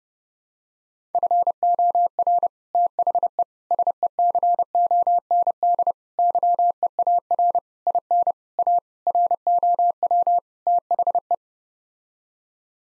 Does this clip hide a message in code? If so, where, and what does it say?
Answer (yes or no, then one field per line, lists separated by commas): yes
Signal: Morse code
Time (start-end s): 1.1-11.3 s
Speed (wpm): 30 wpm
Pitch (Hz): 700 Hz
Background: none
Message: FOR THE SECOND YEAR IN A ROW THE